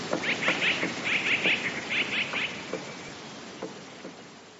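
Eurasian blue tit: several short bursts of fast, chattering high notes in the first half, fading into faint clicks and background hiss.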